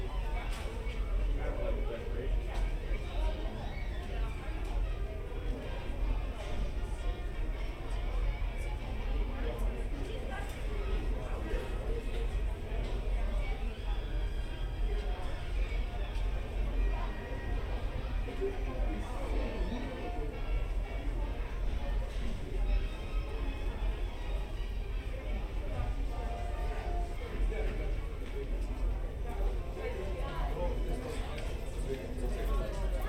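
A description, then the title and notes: Hotel lobby ambience with a steady, dense murmur of overlapping voices throughout, no single speaker standing out. A low rumble sits underneath the whole time, and the level stays even from start to finish with only small flickers of clinks and movement. Disneyland Hotel Fantasy Tower Binaural Ambience.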